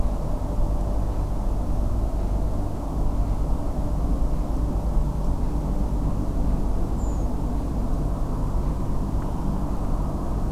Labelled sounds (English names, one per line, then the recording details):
Redwing
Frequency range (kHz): Redwing 6.4-8.1 kHz
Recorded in France